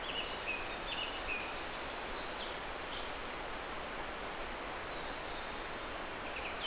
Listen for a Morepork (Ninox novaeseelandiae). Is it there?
no